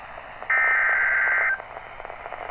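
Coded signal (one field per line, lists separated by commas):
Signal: Emergency Alert System (SAME) tones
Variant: header bursts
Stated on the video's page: Severe weather alerts received on a NOAA Weather Radio during an active storm period in Illinois.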